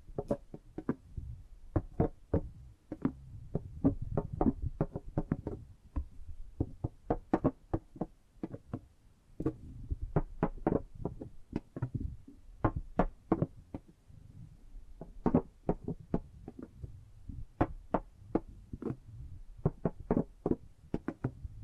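Sharp taps and knocks come in quick, uneven bursts for the whole 22 seconds, often several in a row, then brief pauses. Beneath them runs a soft, low rubbing and handling sound that swells and fades between the clicks.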